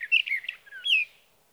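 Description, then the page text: Sage thrasher song fragment: a brief burst of slurred, warbling notes ending in a longer downward-sliding whistle. Singing male at his night roost through three nights, evening June 12 to morning June 15, 2018, Sierra Valley, California; night songs recorded with a Swift recorder. "61. Sage thrasher songs, through the night. from the evening of June 12 to the morning of June 15, 2018, in Sierra Valley, California"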